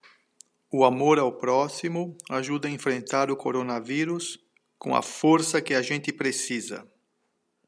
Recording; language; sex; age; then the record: spoken sentence; Brazilian Portuguese; male; 60 to 69 years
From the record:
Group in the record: control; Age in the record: 63 years